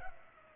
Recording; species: mosquito wingbeat signal from an infrared sensor; Culex pipiens